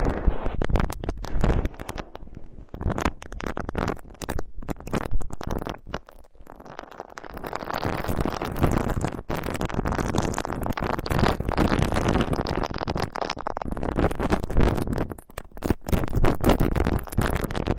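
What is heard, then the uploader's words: Ultra-fine touching of an ear: a dense, crackling rub of fingertips made of countless tiny scratchy ticks that run almost without pause. It thins out and softens around six to seven seconds, then grows fuller and busier, with a brief lull near fifteen seconds. Ultra-fine ear touch, immersive experience.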